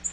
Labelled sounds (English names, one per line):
Nashville Warbler flight call